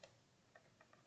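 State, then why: Not seated. A metal snap head is handled by hand near its stud, which is fed through a hole in the fabric of a pencil case. Faint tick-like taps are heard at about 0.0, 0.6, 0.8 and 0.9 seconds. Nothing has seated or clicked yet.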